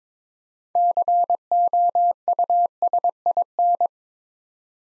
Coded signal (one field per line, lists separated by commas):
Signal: Morse code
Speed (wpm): 22 wpm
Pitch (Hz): 700 Hz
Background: none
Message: COUSIN